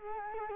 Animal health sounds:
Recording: mosquito wingbeat signal from an infrared sensor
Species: Culex quinquefasciatus

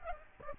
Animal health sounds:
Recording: mosquito wingbeat signal from an infrared sensor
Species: Aedes aegypti

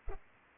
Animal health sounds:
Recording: mosquito wingbeat signal from an infrared sensor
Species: Culex pipiens

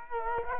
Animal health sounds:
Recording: mosquito wingbeat signal from an infrared sensor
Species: Culex quinquefasciatus

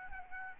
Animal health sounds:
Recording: mosquito wingbeat signal from an infrared sensor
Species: Aedes albopictus

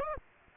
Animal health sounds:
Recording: mosquito wingbeat signal from an infrared sensor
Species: Aedes aegypti

